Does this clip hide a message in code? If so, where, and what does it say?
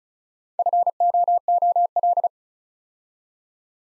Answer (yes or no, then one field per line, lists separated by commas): yes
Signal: Morse code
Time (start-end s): 0.6-2.3 s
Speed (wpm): 36 wpm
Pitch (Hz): 700 Hz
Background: none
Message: FOOL